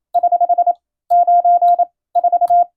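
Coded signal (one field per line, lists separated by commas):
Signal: Morse code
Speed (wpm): 27 wpm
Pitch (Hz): 700 Hz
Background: radio noise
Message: <HH> 9 4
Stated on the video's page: Morse receiving practice of plain-language radiotelegrams following the radiotelegraph operator national exam format.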